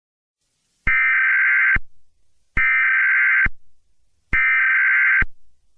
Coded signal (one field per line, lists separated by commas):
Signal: Emergency Alert System (SAME) tones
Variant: header bursts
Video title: EAS SCENARIO: Does Bad Things Guy: 11/20/2025. **HAS VALID TONES**